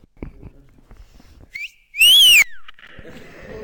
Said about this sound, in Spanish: Bueno, en España se silba para decir a una chica que es muy guapa. O para decírselo a un chico. Por ejemplo, ¿alguien puede aquí hacer el sonido de ese?